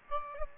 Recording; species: mosquito wingbeat signal from an infrared sensor; Aedes aegypti